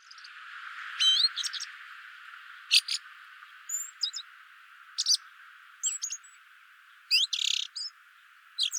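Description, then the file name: Common blackbird calls: a varied run of thin, high chips and short whistled notes, some doubled, scattered every second or so, with one brief rushing burst near the end. "Turdus merula"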